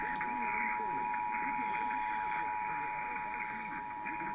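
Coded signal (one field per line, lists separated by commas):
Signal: Emergency Alert System (SAME) tones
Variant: 853 and 960 Hz attention tone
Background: speech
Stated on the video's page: Compilation of EAS tests from October 2025.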